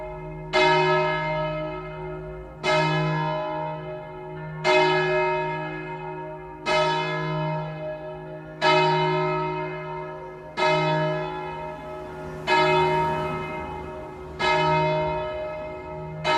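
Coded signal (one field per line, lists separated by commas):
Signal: bell signal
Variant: distesa, single swinging bell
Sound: one large church bell swinging, struck steadily about every two seconds, nine strokes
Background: low hum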